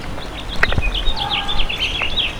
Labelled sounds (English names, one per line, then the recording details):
House Finch song
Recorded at Freeport on Long Island, New York, on 28 May 2013
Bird D